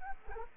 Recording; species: mosquito wingbeat signal from an infrared sensor; Culex quinquefasciatus